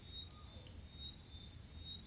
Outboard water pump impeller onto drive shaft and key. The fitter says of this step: then filler locks into place thank you